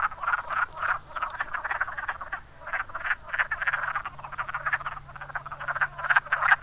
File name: woodfrog